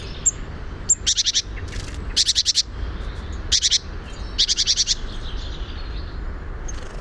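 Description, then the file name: Great tit chatter, four short dry rattling bursts of rapid notes, with a few faint high squeaks and a low steady rumble behind. "Parus major"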